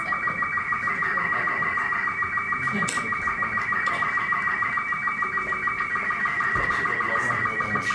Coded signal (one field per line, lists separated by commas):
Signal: SSTV (slow-scan television)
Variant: Robot 36